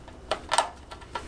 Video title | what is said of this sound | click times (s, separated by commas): Fixing My Broken Dryer - Part 2 - Parts Need | there's some grooves that this clip sit into so you just put gently push it down and you will hear it snap just like that | 0.3 s